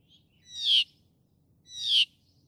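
Northern mockingbird giving two raspy, buzzy notes just over a second apart.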